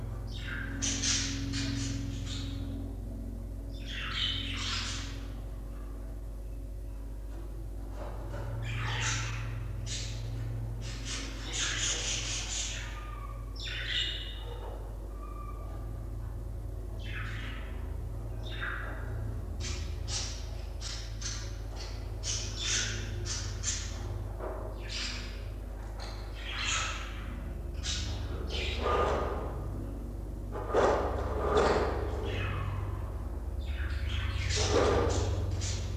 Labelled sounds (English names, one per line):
Budgerigar call